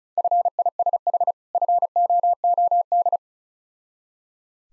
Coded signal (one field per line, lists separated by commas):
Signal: Morse code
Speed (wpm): 36 wpm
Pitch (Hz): 700 Hz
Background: none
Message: FISH FOOD